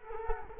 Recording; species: mosquito wingbeat signal from an infrared sensor; Culex quinquefasciatus